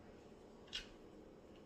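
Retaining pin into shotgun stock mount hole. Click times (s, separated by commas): 0.8 s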